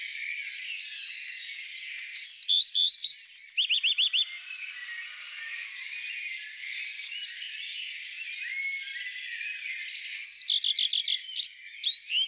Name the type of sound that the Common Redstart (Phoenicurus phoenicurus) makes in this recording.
song